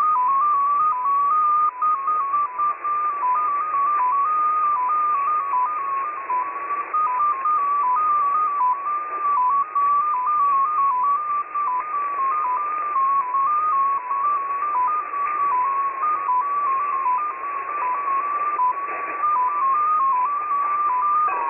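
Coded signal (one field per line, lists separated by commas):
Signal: multi-tone FSK (Olivia or MFSK type)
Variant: XPA2, 14-tone MFSK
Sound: a single warbling tone hopping quickly between nearby pitches, steady and continuous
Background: radio static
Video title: XPA2 On 11163kHz USB February 7, 2021 12:00 UTC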